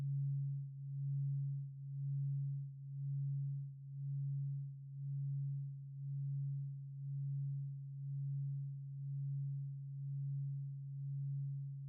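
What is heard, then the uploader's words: A binaural beat: a single low, pure tone holds steady for the whole time. Its loudness swells and dips in a smooth, regular pulse, roughly once per second. Nothing else is heard alongside it. In this episode we are experimenting with bineural beat to get a deep sleep .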